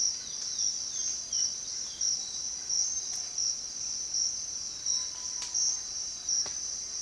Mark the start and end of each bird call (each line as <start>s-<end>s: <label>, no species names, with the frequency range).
0.00s-3.60s: bird call (0.5-4.4 kHz)